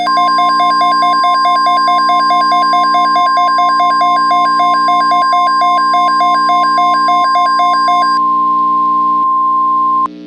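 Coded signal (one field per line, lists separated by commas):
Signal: Emergency Alert System (SAME) tones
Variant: 1050 Hz attention tone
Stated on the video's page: Fictional EAS scenario about a huge tornado in Florida.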